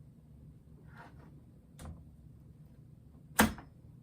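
A plastic snap-lock toy figure part is pushed onto the snap-lock pegs of a toy model frame. Faint handling rustles come first, with a soft knock at about 1.8 seconds. A sharp, bright snap at 3.4 seconds marks the part seating firmly home.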